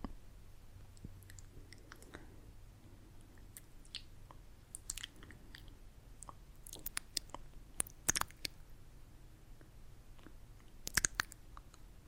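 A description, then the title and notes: Mouth sounds: wet clicks, smacks and crunchy chewing noises scattered irregularly over a low, steady rumble. The pops cluster around the middle and grow sharper and louder near 8 seconds and again around 11 seconds, with quieter ticks between. ASMR Intense Mouth Sounds with New Mic.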